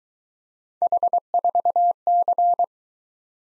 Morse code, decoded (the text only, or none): H4C